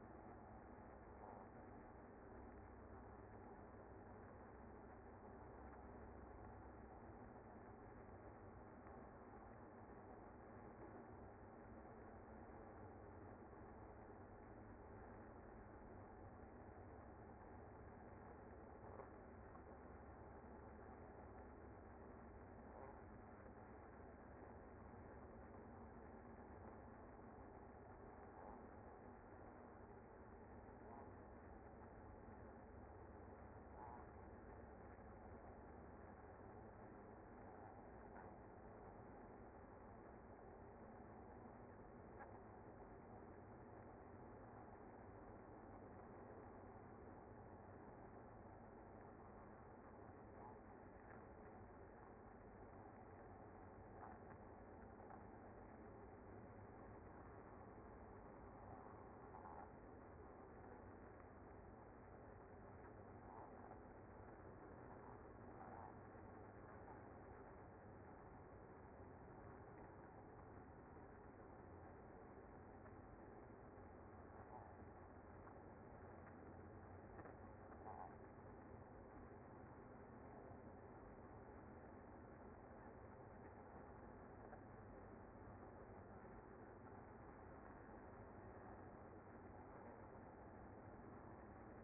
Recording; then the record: honeybee colony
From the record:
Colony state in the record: active